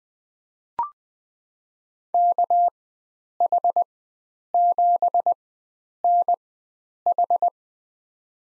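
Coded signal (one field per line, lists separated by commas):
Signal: Morse code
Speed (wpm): 20 wpm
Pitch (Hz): 700 Hz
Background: none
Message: KH7NH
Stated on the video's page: Farnsworth drill of five-character USA call signs at 20 wpm with 4x character spacing, each sent in Morse, spoken, then sent again.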